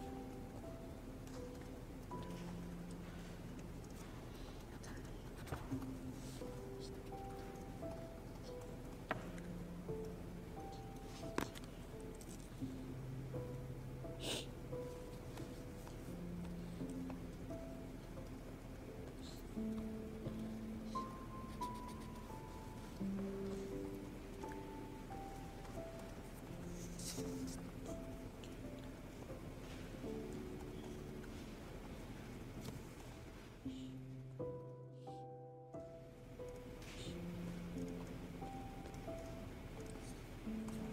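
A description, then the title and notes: Steady background murmur in the Yale library, low and even throughout, with faint overlapping voices and short tonal hums coming and going. Occasional soft clicks and knocks land every few seconds, and a brief dropout near thirty-five seconds cuts the sound almost to silence. Study with me at hogwarts (aka the yale library!).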